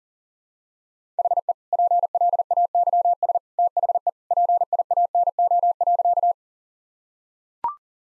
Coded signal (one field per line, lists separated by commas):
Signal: Morse code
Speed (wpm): 37 wpm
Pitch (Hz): 700 Hz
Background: none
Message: HE PLAYS THE PIANO.